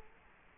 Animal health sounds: mosquito wingbeat signal from an infrared sensor; Culex quinquefasciatus

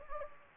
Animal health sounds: mosquito wingbeat signal from an infrared sensor; Anopheles gambiae

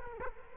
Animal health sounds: mosquito wingbeat signal from an infrared sensor; Culex quinquefasciatus

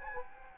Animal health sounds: mosquito wingbeat signal from an infrared sensor; Anopheles gambiae

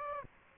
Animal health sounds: mosquito wingbeat signal from an infrared sensor; Aedes aegypti

